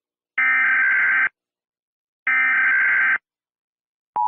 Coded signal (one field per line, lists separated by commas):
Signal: Emergency Alert System (SAME) tones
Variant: header bursts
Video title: Middlewestia EAS Alarm (BE PATIENT)